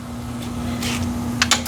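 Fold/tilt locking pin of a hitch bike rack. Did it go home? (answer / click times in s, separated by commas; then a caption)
yes / 1.4 s, 1.5 s. The fold/tilt locking pin on an Outfitrer 200lb steel hitch-mounted bike rack with EZ Fold is pulled and the handle squeezed, so the rack swings over a steady low hum with a soft rustle. Its metal lock engages with sharp clanks at 1.4 s and 1.5 s, and the rack locks in place.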